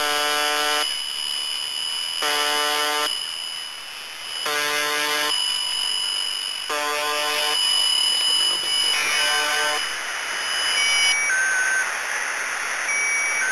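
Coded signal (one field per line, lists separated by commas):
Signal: channel marker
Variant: UVB-76 (The Buzzer)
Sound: five harsh, low, one-second buzzes about two seconds apart, then faint steady whistling tones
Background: radio static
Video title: The Conet Project - The Buzzer, the Pip, and the Squeaky Wheel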